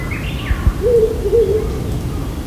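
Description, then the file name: Owl giving two low, slightly wavering hoots in quick succession, preceded by a brief higher whistled note, over a steady low rumble. "fukurou"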